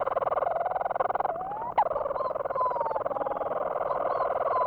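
Leach's storm-petrel giving a continuous rapid purring churr, interrupted once by a sharp rising break note before the steady purr resumes.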